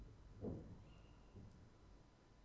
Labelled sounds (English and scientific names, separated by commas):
Tawny Owl (Strix aluco)